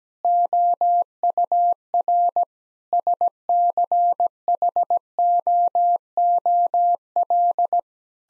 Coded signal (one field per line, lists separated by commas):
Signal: Morse code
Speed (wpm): 17 wpm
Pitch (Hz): 700 Hz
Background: none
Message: OUR SCHOOL